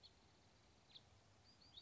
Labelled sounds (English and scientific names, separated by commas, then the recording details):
House Finch (Haemorhous mexicanus)
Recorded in Sonoma County, California